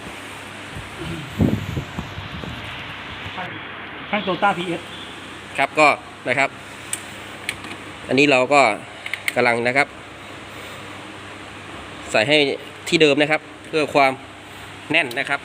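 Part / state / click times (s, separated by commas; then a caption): plastic retaining clip into radiator fan shroud mount / seated / 6.9 s, 7.5 s. While refitting the radiator fan assembly during a radiator fan motor replacement on a 2014 Toyota Yaris, a plastic lock clip is pushed back into its original place in the fan shroud mount to hold it firmly. Two sharp ticks are heard at 6.9 s and 7.5 s as the clip seats, over a steady background hum while someone talks.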